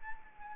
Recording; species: mosquito wingbeat signal from an infrared sensor; Anopheles arabiensis